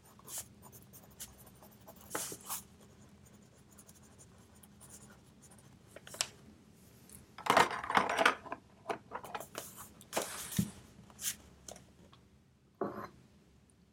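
A pencil scratches across paper while someone studies, in short irregular strokes and taps over a steady low hum. Busier bursts of writing come around two, seven to eight and ten to eleven seconds, with one sharp scrape near thirteen seconds.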